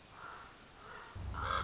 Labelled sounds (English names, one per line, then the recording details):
Common Raven
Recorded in Sonoma County, California